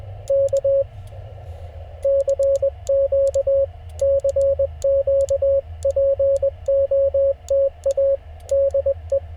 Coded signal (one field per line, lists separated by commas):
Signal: Morse code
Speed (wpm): 20 wpm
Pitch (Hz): 560 Hz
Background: radio noise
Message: K CQ CQ POTA DE